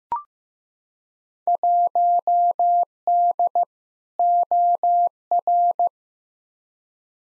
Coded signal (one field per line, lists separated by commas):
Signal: Morse code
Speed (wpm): 15 wpm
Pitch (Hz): 700 Hz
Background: none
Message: 1D OR